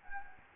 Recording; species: mosquito wingbeat signal from an infrared sensor; Anopheles gambiae